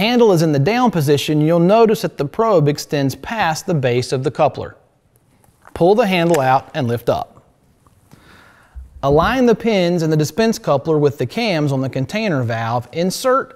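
A DEF dispense coupler is handled on a tote container valve: its handle is pulled out and lifted, and its pins are lined up with the cams on the container valve insert before it is turned and locked. Someone talks throughout, with faint soft handling noises around 5.2–5.4 s and 7.9–8.1 s. Nothing has seated or clicked yet.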